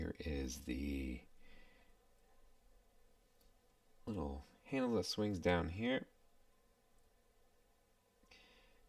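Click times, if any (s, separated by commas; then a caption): none. Someone talks while handling a small plastic handle on a bootleg Lebao HG RGM-79 Light-Type Guncannon Gunpla model kit, swinging it down toward its seat. A faint, brief sound follows at about 8.3 seconds, but nothing has seated or clicked yet.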